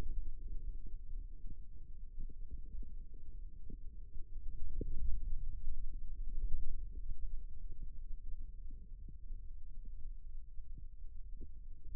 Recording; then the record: forearm muscle sounds (acoustic myography)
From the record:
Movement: ulnar deviation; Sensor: system 2, bracelet of six BSWA MPA416 microphones around the upper forearm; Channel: 1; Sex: male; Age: 22 years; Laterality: right